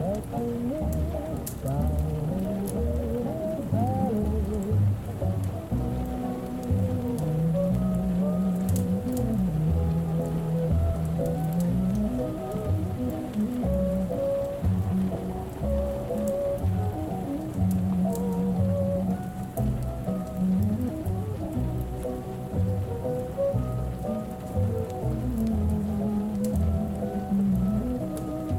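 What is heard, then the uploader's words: Oldies play from another room, sounding muffled, with the tune carried mostly by low and middle tones while the treble is dulled. Melody lines rise and fall over a steady bass pulse, the level stays even throughout, and a faint hiss with occasional crackles sits underneath. Oldies playing in another room. The fire place is active.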